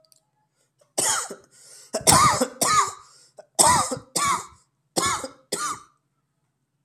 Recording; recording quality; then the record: heavy voluntary cough; excellent, no background noise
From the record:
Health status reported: COVID-19 positive, mild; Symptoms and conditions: cough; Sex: male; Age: 26 years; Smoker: not ticked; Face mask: not worn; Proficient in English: yes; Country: India